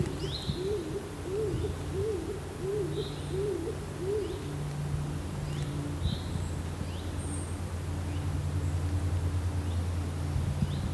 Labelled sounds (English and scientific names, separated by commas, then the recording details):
Stock Dove (Columba oenas) call
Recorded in the wild
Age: adult
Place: Nobitz, Leinawald, Thuringia, DE
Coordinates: 50.9797, 12.576
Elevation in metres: 240
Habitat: beech forest
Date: 2024-07-27 12:27
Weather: 20-25°C, cloudy
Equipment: Sound Devices MixPre6, Sennheiser MKH8060
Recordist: Frommolt, Karl-Heinz